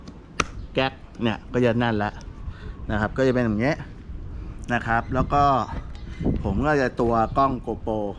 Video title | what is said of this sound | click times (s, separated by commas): วิธีการติดตั้งกล้อง Gopro ที่หมวกกันน็อค อธิบายอย่างละเอียดรับรองทำได้แน่นอน EP.188 | แล้วกดให้ให้เขาดังแก๊กนะเนี่ยแก๊ส | 0.4 s